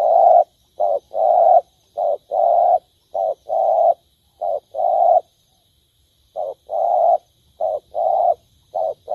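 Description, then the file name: Spotted dove cooing in low, smooth paired hoots, a short note then a longer one, with a pause of silence midway before continuing. Cooing (Vietnamese: gáy). "tieng cu dat gay"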